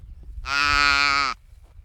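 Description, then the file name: Saiga antelope giving a single nasal, bleating call of nearly one second, steady in pitch and rich in harmonics, over low rumbling background noise. "Saiga tatarica"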